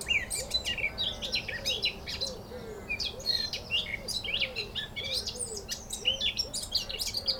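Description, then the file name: Eurasian blackcap warbling continuously in fast, jumbled high chattering phrases, with a soft low cooing note repeated steadily underneath. "Sylvia atricapilla"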